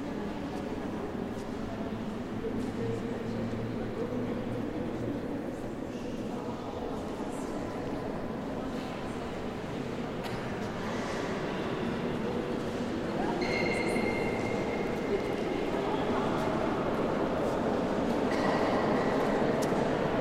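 Church of the Jacobins, Toulouse: a dense, steady low rumble that swells after thirteen seconds, with brief thin whining tones appearing near the end.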